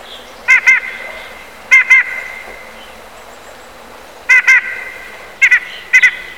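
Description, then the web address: Eurasian jay call notes in doubled pairs, separated by gaps of varying length, with a faint chirping bird behind. "peene na ptici soika"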